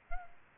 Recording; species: mosquito wingbeat signal from an infrared sensor; Aedes albopictus